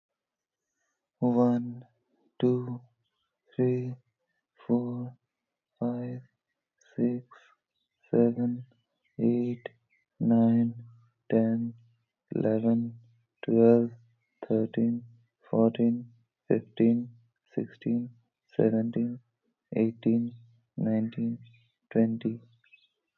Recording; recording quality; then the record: counting at a normal pace; excellent, no background noise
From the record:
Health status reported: healthy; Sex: male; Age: 29 years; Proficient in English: yes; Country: India